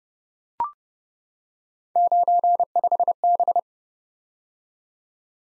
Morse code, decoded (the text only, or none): 95B